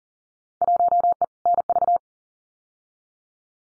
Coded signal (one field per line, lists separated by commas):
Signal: Morse code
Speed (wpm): 40 wpm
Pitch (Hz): 700 Hz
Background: none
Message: 1E NV